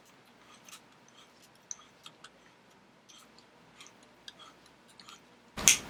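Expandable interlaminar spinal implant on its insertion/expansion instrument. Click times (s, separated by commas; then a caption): 5.7 s. An expandable interlaminar spinal implant, placed between two vertebral laminae, is expanded with its insertion and expansion instrument, with faint small ticks and scrapes heard as it opens. A sharp, loud click rings out at 5.7 s as the implant reaches full expansion and is seated.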